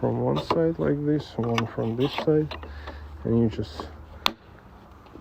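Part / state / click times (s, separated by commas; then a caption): plastic mounting bracket on a composite deck component / seated / 4.3 s. A plastic mounting bracket on a composite deck component is set from each side and pushed until it clicks into place, seating with a sharp click at 4.3 s. Someone talks through most of the clip, and a faint softer sound follows at 4.6 s.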